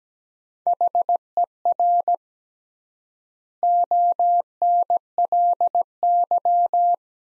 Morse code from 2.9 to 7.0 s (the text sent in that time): ONLY